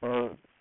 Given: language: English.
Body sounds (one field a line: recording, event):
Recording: throat vibration sensor signal played as sound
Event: speech